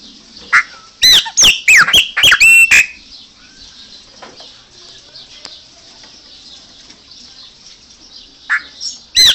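Chopi Blackbird song: a quick run of loud, clear whistled and slurred notes in the first three seconds, with another burst at the end.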